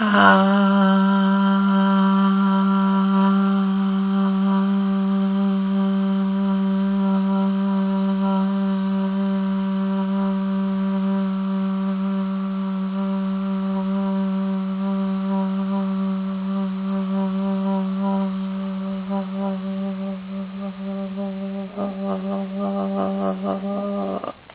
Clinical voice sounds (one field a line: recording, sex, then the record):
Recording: sustained vowel /a/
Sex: female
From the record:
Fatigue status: fatigue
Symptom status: symptomatic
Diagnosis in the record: COVID-19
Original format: 3gp